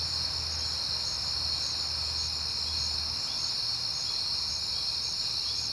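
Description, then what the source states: Cricket chorus holding an unbroken high-pitched trill, a low hum present for the first three seconds and then fading. At night on a peaceful September night.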